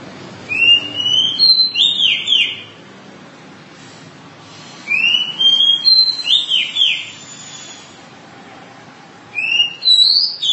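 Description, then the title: Oriental magpie-robin singing three bursts of clear, whistled, slurred phrases separated by pauses; the third burst is cut short. "Kacer"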